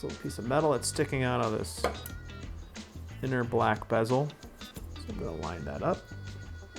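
The inner black bezel of a Karmann Ghia clock converted to a tachometer gauge is handled and lined up with the small metal tab sticking out of it, ready to go into the dash gauge housing. Someone talks over faint background music with light handling noises. Nothing has seated or clicked yet.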